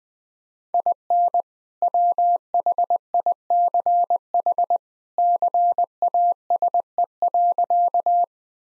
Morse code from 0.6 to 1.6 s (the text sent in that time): IN